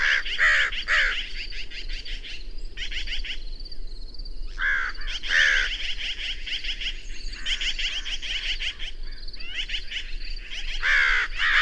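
Birds calling: harsh arched calls in clusters at the start, middle and end, with a continuous background of busy high twittering.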